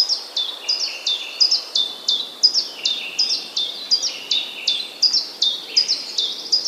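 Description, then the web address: Common chiffchaff song of high, bright downslurred notes in a dense stream, with some lower notes mixed in. Recorded on 16 April 2011. "wroblowe kontra pierwiosnek 16 04 2011"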